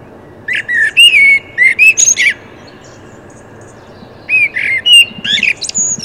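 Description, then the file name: Common blackbird song with two short phrases: warbled fluty notes rising into thin, squeaky high twitters, with a brief pause between them. "Turdus merula"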